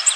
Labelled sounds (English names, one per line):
Golden-cheeked Warbler flight call